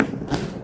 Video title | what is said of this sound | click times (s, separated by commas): How to Pack Hajj Bag 2026 - Hajj ky lie zaruri saman - Today Hajj New Update - How To Lock Your Bags | नहीं खुलेगी। ये पतली lock हो जाएगी। | 0.0 s